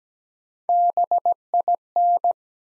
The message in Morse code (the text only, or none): BIN